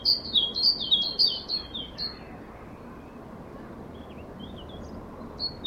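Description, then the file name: Great tit singing rapid high-low note pairs for about two seconds, then a pause, then a few fainter notes near the end. "Parus major"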